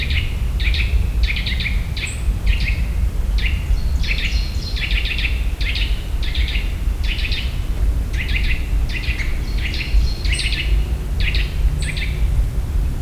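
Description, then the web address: Eurasian nuthatch calling steadily, sharp notes in short bursts of two to four repeated roughly every half second to second over a continuous low rumble, with occasional high thin squeaks. Another of the Eurasian nuthatch's calls, in nature in the Visegrád Hills, Hungary. "allathangok termeszetben csuszka masikhangja visegradihegyseg"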